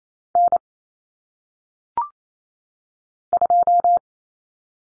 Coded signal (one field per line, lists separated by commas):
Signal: Morse code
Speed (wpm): 28 wpm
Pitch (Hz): 700 Hz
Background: none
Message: N 2